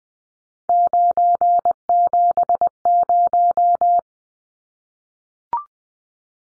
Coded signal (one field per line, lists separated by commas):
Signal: Morse code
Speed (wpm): 20 wpm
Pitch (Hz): 700 Hz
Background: none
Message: 970